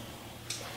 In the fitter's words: and clicks in place